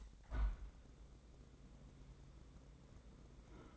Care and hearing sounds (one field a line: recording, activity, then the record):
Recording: daily activity, microphone in the room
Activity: open window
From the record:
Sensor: 3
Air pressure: 1012.3 hPa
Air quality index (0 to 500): 127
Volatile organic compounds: 2 ppm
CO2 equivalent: 987 ppm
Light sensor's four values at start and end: 178/428/174/161 and 183/435/179/166